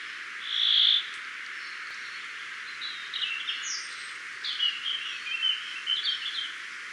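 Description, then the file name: European robin with a drawn-out high thin note, then a run of quick, high, warbling and trilled phrases over constant background hiss. "Erithacus rubecula"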